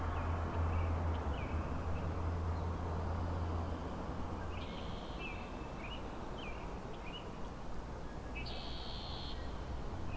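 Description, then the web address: Frog chorus of brief high chirps scattered throughout, with a buzzy burst near the end, beneath constant background hiss and a low hum early on. Frog chorus recorded at Grafton Lake on 3 May 2009. "The Frog Chorus Tunes Up On Grafton Lake"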